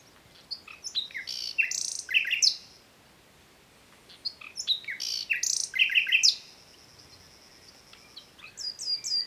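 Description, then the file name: Common nightingale song: two similar phrases separated by a short pause, each of loud sweeping chips and a buzzy burst, then the start of a third phrase of rapid repeated notes. "Luscinia megarhynchos"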